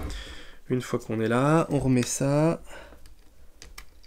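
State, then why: Seated. Someone talks while lining up the two small lugs of a quick-release laser/light mount in the slots of a Picatinny side rail and pressing the locking mount back on. Sharp clicks come at 3.6 s and 3.8 s as the mount seats on the rail.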